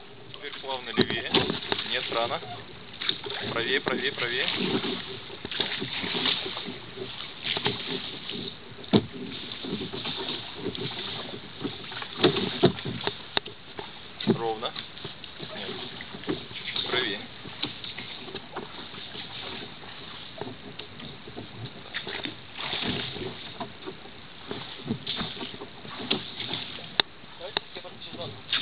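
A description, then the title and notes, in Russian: An evening boat ride on the water, with a steady mid-pitched drone and constant splashing and knocking against the hull throughout. Voices come and go in the background, and the sound stays busy, cut off above the treble. Вечерняя поездка по Валааму на лодке.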